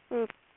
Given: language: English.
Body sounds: throat vibration sensor signal played as sound; speech

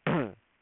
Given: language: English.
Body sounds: throat vibration sensor signal played as sound; throat clearing

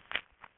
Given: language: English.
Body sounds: throat vibration sensor signal played as sound; swallow

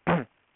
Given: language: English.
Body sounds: throat vibration sensor signal played as sound; throat clearing

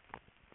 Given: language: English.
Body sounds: throat vibration sensor signal played as sound; swallow

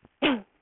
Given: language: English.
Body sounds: throat vibration sensor signal played as sound; cough

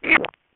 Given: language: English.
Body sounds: throat vibration sensor signal played as sound; swallow

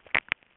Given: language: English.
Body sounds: throat vibration sensor signal played as sound; swallow

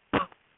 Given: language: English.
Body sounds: throat vibration sensor signal played as sound; cough

